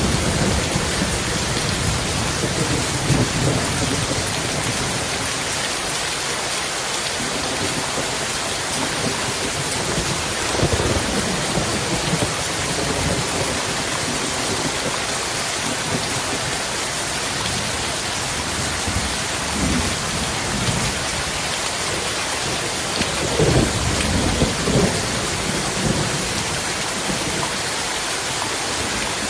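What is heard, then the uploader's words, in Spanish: Heavy rain pours onto a roof in a dense, unbroken hiss that holds steady for the whole stretch. Low rumbles of thunder swell underneath around ten seconds, again near twenty, and most strongly around twenty-three to twenty-four seconds. Lluvia Pesado Con Truenos. Lluvia en el techo.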